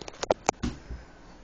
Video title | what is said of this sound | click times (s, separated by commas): Nerf Jolt.mp4 | כאן הדבר האפור הזה מושכים את זה עד שנשמע קליק | 0.3 s, 0.5 s